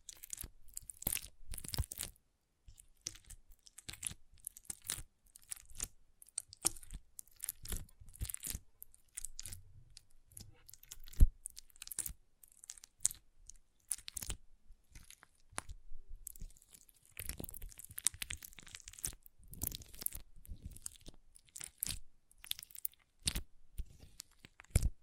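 Water beads are squished and rolled, making dense, irregular bursts of wet crunching and squelching that start and stop every second or so. Bright crackly clusters alternate with short quiet gaps, and one sharp louder pop lands near the middle.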